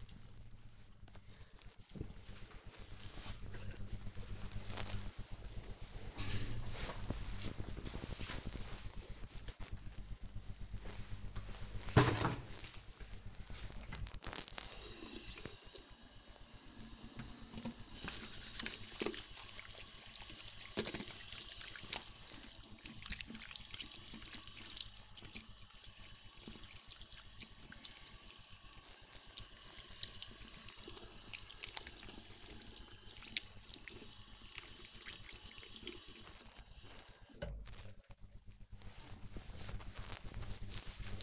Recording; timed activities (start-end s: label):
household activities, microphone on the right wrist
11.27-37.50 s: washing hands